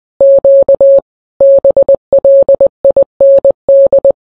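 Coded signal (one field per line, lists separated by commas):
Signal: Morse code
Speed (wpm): 20 wpm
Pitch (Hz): 550 Hz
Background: none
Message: Q BLIND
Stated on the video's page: Kenwood TS-590 transceiver.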